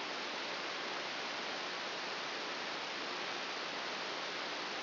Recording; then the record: brain microelectrode recording played as sound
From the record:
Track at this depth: outside the subthalamic nucleus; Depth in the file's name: 6.601 mm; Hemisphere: right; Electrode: 2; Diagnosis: Parkinson's disease